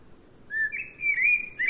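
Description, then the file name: Common blackbird: a drawn-out whistled note that wavers and rises, followed by a short upward flick, against a faint low hiss. "Turdus merula"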